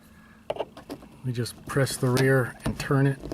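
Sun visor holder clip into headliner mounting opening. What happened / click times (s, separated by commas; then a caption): The clip is being handled and has not yet seated / none. Someone talks while handling the plastic driver-side sun visor holder clip of a 2006–2011 Honda Civic, pressing it into the keyed opening in the headliner and starting to rotate it so it will lock. A sharp handling tap is heard at 0.5 s and a softer one at 0.8 s. Nothing has seated or clicked into place yet.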